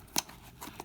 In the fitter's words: locks into place I have it correctly